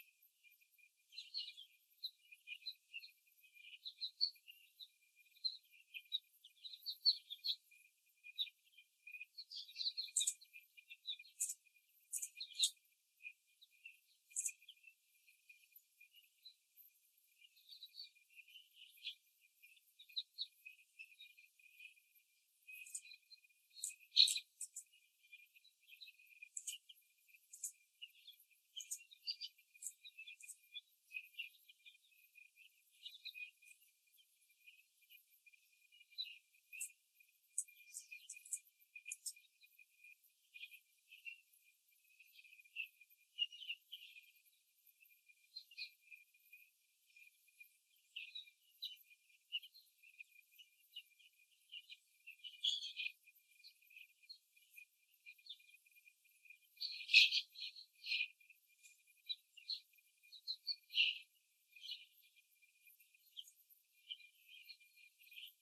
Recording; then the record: young laying hens in a cage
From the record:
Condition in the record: after the stressor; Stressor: simulated dog barking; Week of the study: 3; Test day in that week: 1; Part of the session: 4